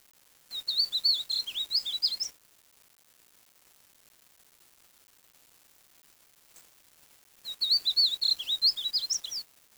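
Bird song in two bursts of rapid, high, jumbled twittering notes, each about two seconds long, separated by a long silent gap.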